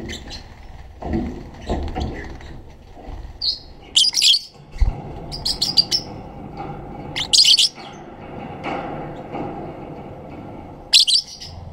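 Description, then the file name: Black-cheeked lovebird giving sharp, shrill high chirps in short scattered bursts, a few seconds apart, over a steady low background hum. "canto do periquito de bochechas pretas"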